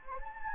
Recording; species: mosquito wingbeat signal from an infrared sensor; Anopheles gambiae